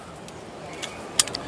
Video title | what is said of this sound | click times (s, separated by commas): Labor Day On Waikiki Beach - Kalakaua Ave. | and boom twist and lock | 1.2 s